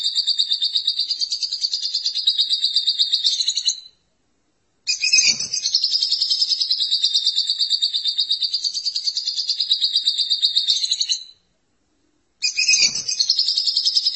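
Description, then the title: Lovebird song: long runs of high, rapid chattering trills, broken twice by short silences, each restart opening with a brief harsh burst. "BM Suara Burung Lovebird"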